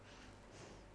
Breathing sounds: one breath in and out by a microphone near the nose and mouth; normal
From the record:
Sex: female

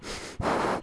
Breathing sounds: one breath in and out by a microphone near the nose and mouth; strong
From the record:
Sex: male

